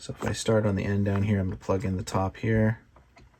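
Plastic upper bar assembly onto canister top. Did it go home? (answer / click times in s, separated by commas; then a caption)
no / none. A plastic upper bar (roof) assembly is being handled, about to plug into the top of the end canister, while someone talks through most of the clip. A faint tick follows near 3.0 s as the talking stops, but nothing has seated or clicked yet.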